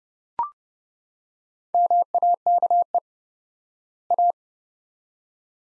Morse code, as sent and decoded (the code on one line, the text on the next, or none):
-- .- -.- . / .-
MAKE A